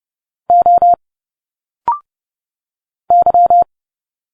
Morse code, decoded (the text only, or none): O Y